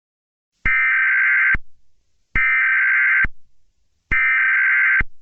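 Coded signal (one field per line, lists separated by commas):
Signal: Emergency Alert System (SAME) tones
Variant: header bursts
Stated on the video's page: Fictional EAS scenario tones about a "Deedo Invasion", not a real alert.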